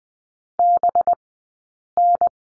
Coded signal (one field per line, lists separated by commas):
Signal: Morse code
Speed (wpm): 20 wpm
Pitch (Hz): 700 Hz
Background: none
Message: BN